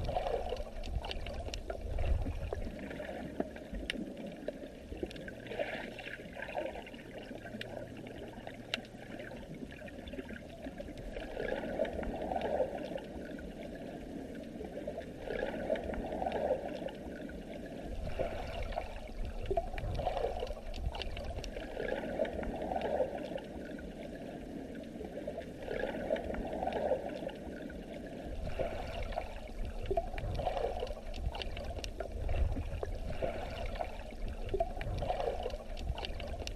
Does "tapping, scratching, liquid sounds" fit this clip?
no